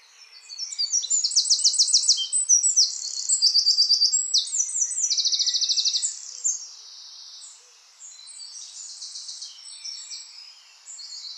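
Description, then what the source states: Eurasian wren song: about six seconds of piercing, rapid notes and dry trills, then softer high twittering with a brief louder phrase at the end. Subspecies indigenus.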